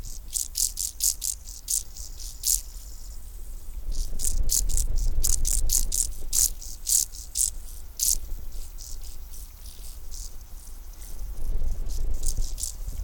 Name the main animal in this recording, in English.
Field Grasshopper